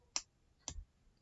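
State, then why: Seated. A plastic locking hinge brick in a toy brick build is moved and clicks sharply at 0.2 s and again at 0.7 s, the second click followed by a short low rumble. It locks into each position and is seated.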